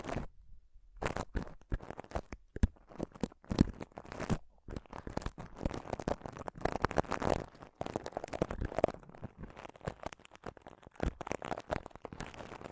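Scratching and touching on a microphone, a dense run of sharp rasping strokes and crinkly, crackling rubs. After a brief near-silent gap in the first second and another around four and a half seconds, the scraping continues almost without pause, with louder thumps scattered throughout.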